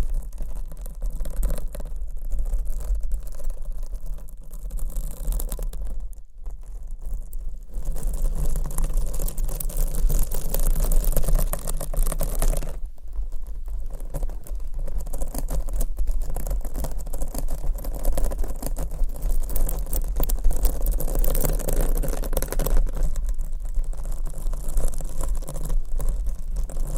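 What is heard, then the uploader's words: Dense scratching and rubbing on a binaural mic runs almost without pause, a busy crackling texture with a steady low rumble beneath. It dips briefly around six and thirteen seconds, then returns just as thick, staying fairly even in loudness throughout. No Talking for Sleep with Long Nails.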